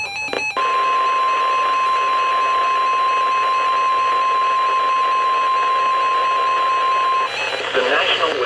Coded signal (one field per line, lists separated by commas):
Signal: Emergency Alert System (SAME) tones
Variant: 1050 Hz attention tone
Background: speech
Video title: EAS #671-#696: Build a Boat? | KHB36, WNG736, & KEC83